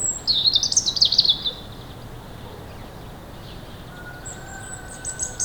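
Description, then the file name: European robin song: a bright, jumbled burst of high twittering notes at the start, a quiet gap, then thin, very high drawn-out whistles beginning again near the end. "Erithacus rubecula"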